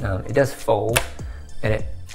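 Someone talks while the adjustable, side-folding stock of a new Zastava ZPAP90 .223 AK rifle is being folded toward the detent lock at its rear, with faint handling sounds under the speech. Nothing has seated or clicked yet; the stock is still being folded and has not locked into its folded position.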